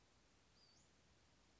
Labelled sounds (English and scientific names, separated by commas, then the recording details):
Western Flycatcher (Empidonax difficilis)
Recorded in Sonoma County, California